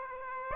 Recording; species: mosquito wingbeat signal from an infrared sensor; Aedes aegypti